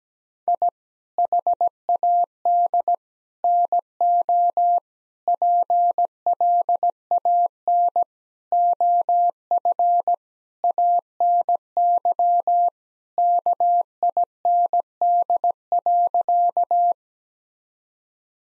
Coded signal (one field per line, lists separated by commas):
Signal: Morse code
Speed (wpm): 17 wpm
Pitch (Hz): 700 Hz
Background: none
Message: I HAD NO PLAN OF ANY KIND.